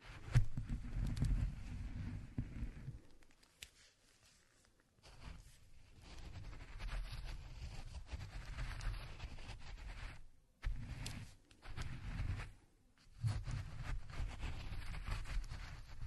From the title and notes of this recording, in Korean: 호두를 직접 갈아보겠습니다. 손으로 직접 갈아먹는 호두.